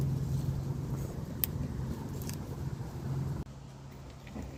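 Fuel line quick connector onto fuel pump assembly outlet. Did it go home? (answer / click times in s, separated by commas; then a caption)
yes / 1.4 s. A short fuel line taken from the old pump, fitted with a blue lock tab, is slid onto the fuel pump assembly's outlet nipple during a ZJ 23-gallon fuel tank upgrade on a '97-'01 Jeep Cherokee XJ. Over a steady low hum, its plastic quick connector gives one sharp click at 1.4 s, followed by a few faint ticks around 2.2–2.3 s, and the background drops quieter at about 3.4 s. The connector is seated on the pump.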